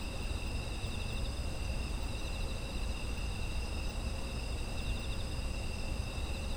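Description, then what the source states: Insect chorus of sustained shrill trills at multiple pitches with a slight pulsing in one band, over constant low-frequency noise. Autumn insect ambience.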